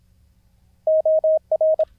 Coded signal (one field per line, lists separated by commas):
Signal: Morse code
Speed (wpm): 26 wpm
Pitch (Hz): 630 Hz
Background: none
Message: OR